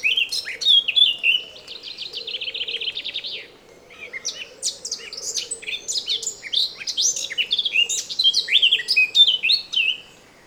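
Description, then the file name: Eurasian blackcap song: a quick buzzy trill-like run, a brief break, then a long lively warble of varied chirps and whistles. "Sylvia atricapilla"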